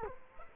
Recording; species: mosquito wingbeat signal from an infrared sensor; Culex quinquefasciatus